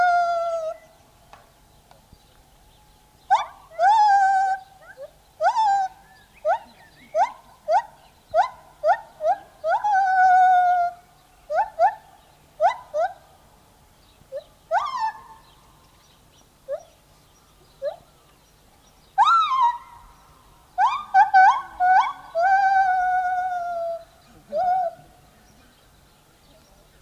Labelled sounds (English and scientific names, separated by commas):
Lar Gibbon (Hylobates lar) song